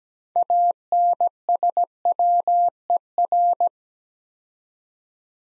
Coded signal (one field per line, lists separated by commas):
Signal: Morse code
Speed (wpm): 17 wpm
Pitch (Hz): 700 Hz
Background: none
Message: ANSWER